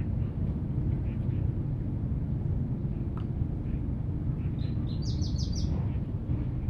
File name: warbler-grey-crowned -Seicercus-tephrocephalus